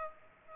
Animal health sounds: mosquito wingbeat signal from an infrared sensor; Aedes aegypti

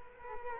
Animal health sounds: mosquito wingbeat signal from an infrared sensor; Culex quinquefasciatus

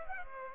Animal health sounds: mosquito wingbeat signal from an infrared sensor; Culex pipiens

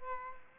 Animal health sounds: mosquito wingbeat signal from an infrared sensor; Aedes aegypti

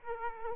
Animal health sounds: mosquito wingbeat signal from an infrared sensor; Aedes aegypti

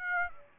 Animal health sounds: mosquito wingbeat signal from an infrared sensor; Aedes aegypti

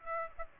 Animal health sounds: mosquito wingbeat signal from an infrared sensor; Aedes aegypti

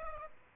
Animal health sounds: mosquito wingbeat signal from an infrared sensor; Aedes aegypti

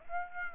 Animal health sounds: mosquito wingbeat signal from an infrared sensor; Aedes aegypti

